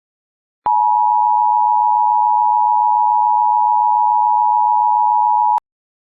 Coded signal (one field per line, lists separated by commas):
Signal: Emergency Alert System (SAME) tones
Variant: 853 and 960 Hz attention tone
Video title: EAS Scenario: Absolutely Radioactive Part 5